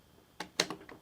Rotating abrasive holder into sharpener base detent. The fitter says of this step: and it will lock into place